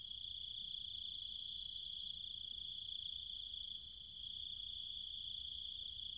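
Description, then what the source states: Cicada: continuous high insect drone, probably cicadas, steady throughout with a brief softening past the middle and low background rumble. Cicadas and other insects, at night, in trees and fields in the countryside of Chiang Mai, Thailand.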